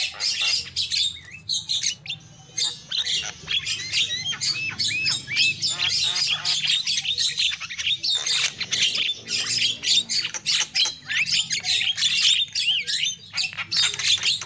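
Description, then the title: Lovebird squawking, a busy, scratchy stream of shrill notes and quick chirps, steady throughout with a low hum beneath. Lure call used for trapping lovebirds. "PIKAT BURUNG LOVEBIRD"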